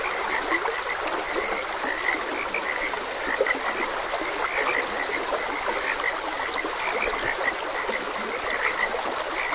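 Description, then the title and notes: Frog chorus of brisk, repeated high croaks running continuously, mixed with the even hiss and trickle of flowing water. Frogs croaking beside a gentle stream. "Gentle Stream and Frogs Croaking - Calming Sounds of Nature. Sleep and Relaxation Podcast"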